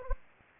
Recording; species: mosquito wingbeat signal from an infrared sensor; Anopheles gambiae